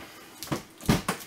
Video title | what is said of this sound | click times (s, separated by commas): Wana RV Center - PUMA 31RLQS - Appliance Features and Demonstration | just want to make sure that you push it back and you hear it lock into place underneath | 1.1 s